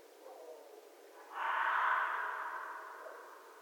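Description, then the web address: Red fox letting out a single long, hoarse, rasping scream that starts abruptly and slowly fades. Recorded 11 January 2012. "sounds mammals Red Fox 2012 01 11 Red Fox long"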